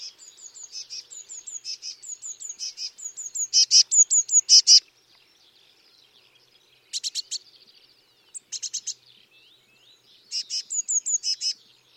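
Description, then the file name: Eurasian Blue Tit calling: a long run of high repeated notes swelling louder, then pauses and short bursts of sharp chips and trills. "Cyanistes caeruleus"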